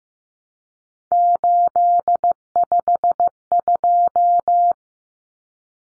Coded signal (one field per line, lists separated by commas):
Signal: Morse code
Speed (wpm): 15 wpm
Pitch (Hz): 700 Hz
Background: none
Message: 852